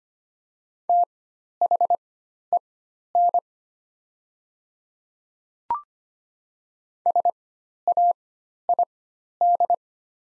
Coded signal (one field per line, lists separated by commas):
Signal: Morse code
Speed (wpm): 25 wpm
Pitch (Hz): 700 Hz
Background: none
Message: THEN SAID